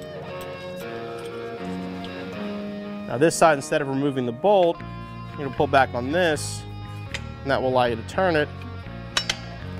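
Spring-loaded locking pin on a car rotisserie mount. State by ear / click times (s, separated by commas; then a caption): seated / 9.2 s, 9.3 s. Over background music, someone talks while the spring-loaded locking pin on a car rotisserie mount for a 1965-1993 Mustang is pulled back and the part is turned. Two sharp metallic clinks at 9.2 and 9.3 seconds mark the pin dropping in, and it locks into place.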